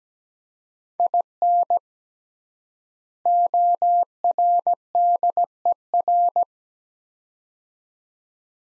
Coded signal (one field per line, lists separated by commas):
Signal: Morse code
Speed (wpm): 17 wpm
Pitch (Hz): 700 Hz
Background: none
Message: IN ORDER